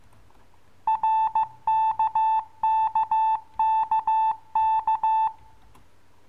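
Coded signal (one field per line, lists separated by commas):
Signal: Morse code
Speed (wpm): 15 wpm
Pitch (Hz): 880 Hz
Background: none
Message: RKKKK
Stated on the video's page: Koch method Morse lesson for the letters K, M, R, S.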